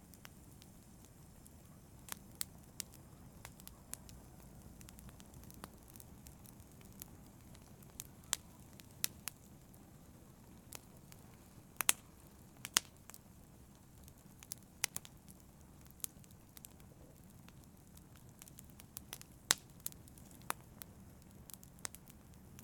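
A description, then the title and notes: A fire burns with a low, steady rumble underneath. Sharp crackles and pops snap out irregularly throughout, a few every second, with some louder bright cracks around twelve, thirteen and nineteen seconds. The overall level stays even from start to finish. Relaxing sound - burning fire sounds.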